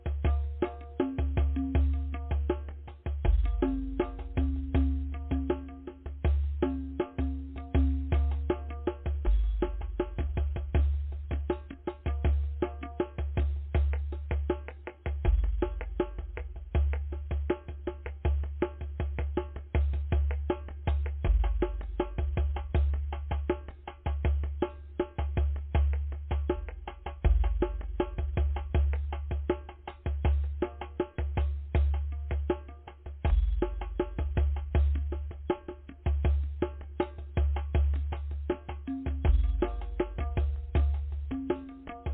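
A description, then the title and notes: Drumming that runs as a dense, fast stream of hits, with heavy, booming low beats under busier, sharper strokes. The pace and loudness stay fairly even throughout. A sustained mid-pitched ringing tone comes and goes in the first eight seconds and again near the end. Drumming: Powerful. Drumming vibrations.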